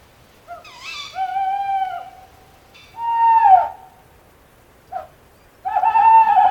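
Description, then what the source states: Tawny Owl hoots: long hollow notes with a wavering quaver, a brief note, then another drawn-out hoot, with silences between. Sleeps during the day in the hole of an old hollow tree.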